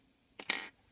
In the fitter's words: the first time it's not correctly adjusted in there but I just make one little move and it pops right in right right there